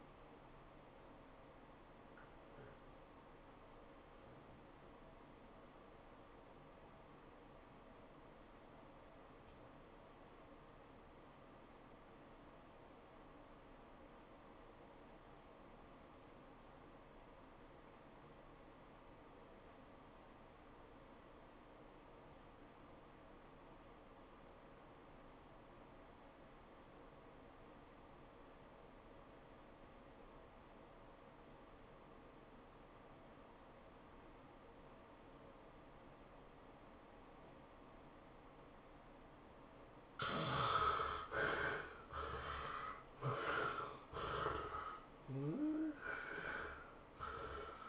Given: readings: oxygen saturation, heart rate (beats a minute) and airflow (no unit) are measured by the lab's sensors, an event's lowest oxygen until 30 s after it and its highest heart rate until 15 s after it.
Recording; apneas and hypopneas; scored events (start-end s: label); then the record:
breathing in sleep by a voice recorder at the bedside; 1
10.00-40.20 s: obstructive apnea (REM, oxygen 95% highest, then 64% lowest, heart rate 98 at the start, 116 highest)
From the record:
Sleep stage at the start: REM sleep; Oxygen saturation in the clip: 67 to 95%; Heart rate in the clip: 63 to 116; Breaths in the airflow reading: 5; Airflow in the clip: -16.8 to 12.2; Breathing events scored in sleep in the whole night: 403 in 5.5 hours asleep